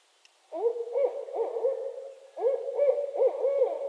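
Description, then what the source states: Barred owl hoots in two rapid bursts of rhythmic, wavering notes. Owls calling during mating season in northern Michigan.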